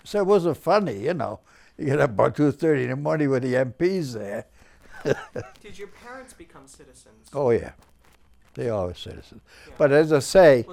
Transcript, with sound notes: Said it wasn't funny, you know. You get up about two-thirty in the morning with the M.P.'s there. (he laughs)
Did your parents become citizens?
Oh, yeah. They all were citizens.
Yeah.
But as I say...